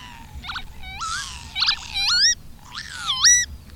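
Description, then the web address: Bird calls, varied nasal, rising harmonic notes and squeaky phrases in quick succession. "madarak enek"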